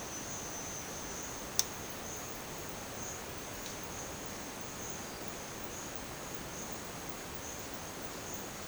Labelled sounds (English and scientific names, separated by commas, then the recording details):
none
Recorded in dense forest near Puerto Asís, Putumayo, Colombia, on 27 June 2025 at 12:00
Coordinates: 0.484, -76.317
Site G045